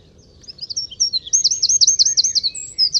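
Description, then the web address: Bird twitters softly before launching into a loud, fast, high trill, followed by a few more notes. "Deverinetal 2025 File origin Bird Only"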